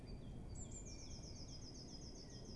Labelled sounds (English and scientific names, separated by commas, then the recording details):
Eurasian Blue Tit (Cyanistes caeruleus)
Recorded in Germany
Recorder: ecoPi